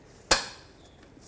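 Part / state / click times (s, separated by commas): trailer wiring plug into hitch mounting bracket / seated / 0.3 s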